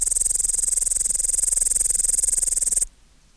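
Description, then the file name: Upland green bush-cricket song, a continuous high buzzing trill with fast regular pulses, stopping abruptly near the end. "Tettigonia cantans"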